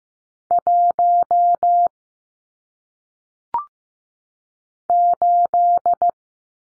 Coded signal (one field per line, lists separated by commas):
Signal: Morse code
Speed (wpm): 15 wpm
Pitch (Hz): 700 Hz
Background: none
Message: 1 8